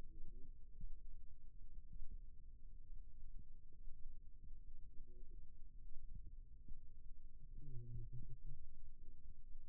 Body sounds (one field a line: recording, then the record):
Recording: forearm muscle sounds (acoustic myography)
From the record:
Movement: rest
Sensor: system 2, bracelet of six BSWA MPA416 microphones around the upper forearm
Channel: 1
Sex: male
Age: 22 years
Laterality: right